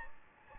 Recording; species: mosquito wingbeat signal from an infrared sensor; Anopheles gambiae